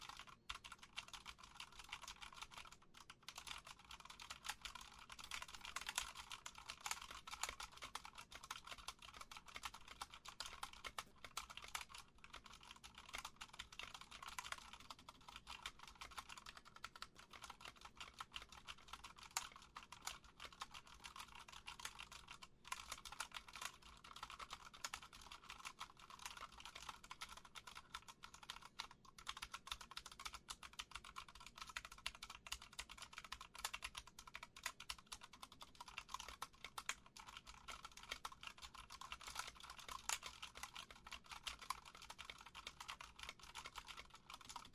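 Fingertips tap steadily on a computer keyboard for the whole stretch, a dense, quick run of crisp clicks with no real pauses. The keystrokes sound bright, with an even pace and a faint low hum underneath.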